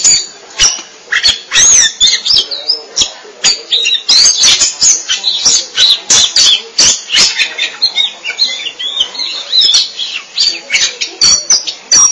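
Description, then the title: Oriental magpie-robin in a long, energetic song of rapid chips, high whistles and twisting, scratchy phrases, pouring out in bursts with hardly a pause. Kacer song. "Suara Kicauan Burung Kacer"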